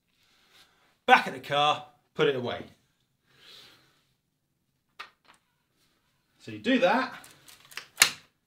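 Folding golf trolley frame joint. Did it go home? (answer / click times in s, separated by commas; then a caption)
yes / 8.0 s. A Powakaddy Micra folding golf trolley frame joint is pushed into its folded, locked position while someone talks. A loud, sharp click at 8.0 s marks the joint seating into place.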